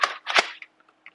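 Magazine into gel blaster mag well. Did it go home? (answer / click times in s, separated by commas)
yes / 0.0 s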